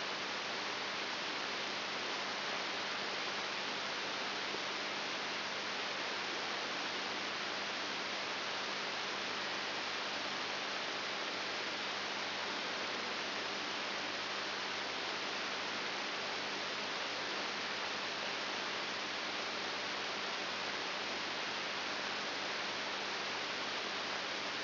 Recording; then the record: brain microelectrode recording played as sound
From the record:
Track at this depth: inside the subthalamic nucleus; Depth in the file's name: 6.701 mm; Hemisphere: left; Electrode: 3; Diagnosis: Parkinson's disease